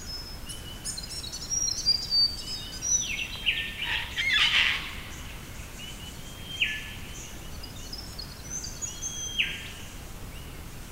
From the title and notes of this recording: This is an early morning recording of the bird song on the Isabella River. I think made mid 1990s.